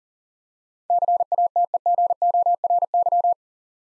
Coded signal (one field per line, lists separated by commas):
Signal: Morse code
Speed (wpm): 43 wpm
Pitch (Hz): 700 Hz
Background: none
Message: CATEGORY